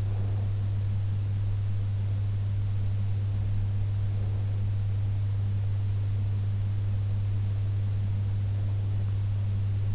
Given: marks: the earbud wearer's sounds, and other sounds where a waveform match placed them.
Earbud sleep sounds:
sounds in sleep by an in-ear microphone; breath
0.00-0.65 s: breath

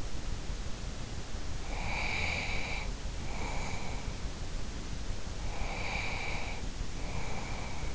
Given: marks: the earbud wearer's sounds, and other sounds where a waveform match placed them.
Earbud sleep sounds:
sounds in sleep by an in-ear microphone; breath
1.64-4.08 s: breath
5.42-7.94 s: breath

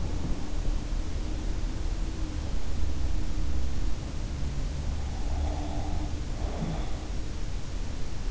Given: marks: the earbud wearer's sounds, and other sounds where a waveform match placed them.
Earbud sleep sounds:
sounds in sleep by an in-ear microphone; breath
5.22-7.01 s: breath

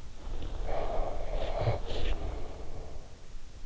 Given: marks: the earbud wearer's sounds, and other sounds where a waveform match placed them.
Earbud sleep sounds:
sounds in sleep by an in-ear microphone; breath
0.14-3.29 s: breath

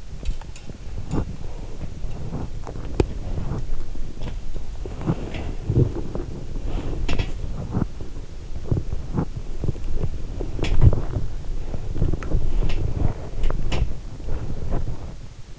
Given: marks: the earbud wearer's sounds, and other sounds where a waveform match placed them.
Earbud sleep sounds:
sounds in sleep by an in-ear microphone; body movement
0.00-15.59 s: body movement
5.16-5.65 s: sound from someone else or the room
6.88-7.44 s: sound from someone else or the room
10.40-11.00 s: sound from someone else or the room
12.07-14.03 s: sound from someone else or the room

